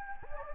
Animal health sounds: mosquito wingbeat signal from an infrared sensor; Anopheles gambiae

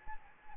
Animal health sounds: mosquito wingbeat signal from an infrared sensor; Anopheles gambiae

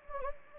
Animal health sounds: mosquito wingbeat signal from an infrared sensor; Anopheles gambiae

